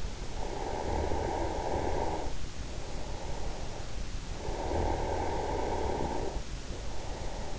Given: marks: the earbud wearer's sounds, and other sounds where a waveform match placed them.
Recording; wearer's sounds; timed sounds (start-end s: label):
sounds in sleep by an in-ear microphone; snoring breath
0.24-3.69 s: snoring breath
4.48-7.59 s: snoring breath